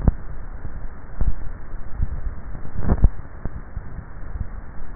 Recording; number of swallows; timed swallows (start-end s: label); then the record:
swallowing sounds by neck microphone; 1
1.82-2.82 s: swallow
From the record:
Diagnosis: dysphagia